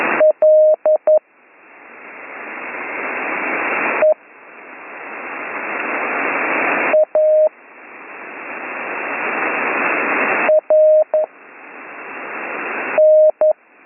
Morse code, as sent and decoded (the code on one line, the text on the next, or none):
.-.. / . / .- / .-. / -.
L E A R N